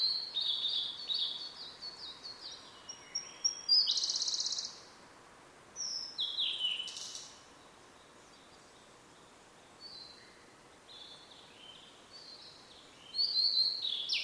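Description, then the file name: Blue-and-white flycatcher singing high whistled phrases with brief buzzy ends, separated by pauses of a few seconds, with faint background hiss. "oruri"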